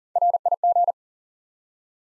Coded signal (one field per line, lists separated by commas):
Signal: Morse code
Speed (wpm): 40 wpm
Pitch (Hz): 700 Hz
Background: none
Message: RIG